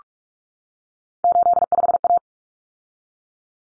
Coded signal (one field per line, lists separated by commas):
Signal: Morse code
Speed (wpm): 44 wpm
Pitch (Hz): 700 Hz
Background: none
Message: 85A